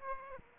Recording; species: mosquito wingbeat signal from an infrared sensor; Aedes aegypti